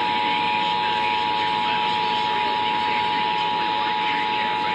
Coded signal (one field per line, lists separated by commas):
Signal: Emergency Alert System (SAME) tones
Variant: 853 and 960 Hz attention tone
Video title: Texas Required Monthly Tests for August (EAS #183-193) (Read Description)